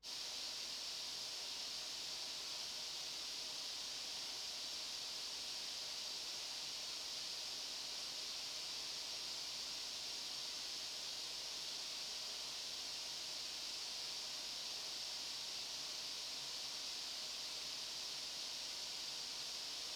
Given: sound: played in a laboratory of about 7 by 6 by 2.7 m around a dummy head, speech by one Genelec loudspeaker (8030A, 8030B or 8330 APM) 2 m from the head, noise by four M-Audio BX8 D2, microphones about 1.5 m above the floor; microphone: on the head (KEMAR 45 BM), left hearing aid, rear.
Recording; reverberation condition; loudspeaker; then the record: white noise; medium; four, about 170 cm from the corners of the room and facing them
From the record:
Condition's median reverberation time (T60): about 510 ms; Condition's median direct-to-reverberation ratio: about -0.5 dB